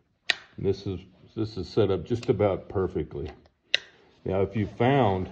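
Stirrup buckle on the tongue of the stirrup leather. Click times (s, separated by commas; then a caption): 0.3 s. A metal stirrup buckle on the tongue of a stirrup leather is released and unlocks, giving a sharp click at 0.3 s. Someone talks, and another short sharp click is heard at 3.7 s.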